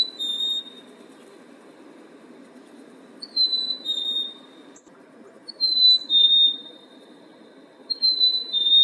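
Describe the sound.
Bird song: a clear whistle dropping slightly in pitch, repeated roughly every two and a half seconds, four phrases heard.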